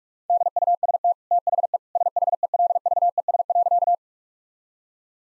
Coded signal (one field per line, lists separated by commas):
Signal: Morse code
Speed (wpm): 46 wpm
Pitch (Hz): 700 Hz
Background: none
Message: DUST THE SHELVES.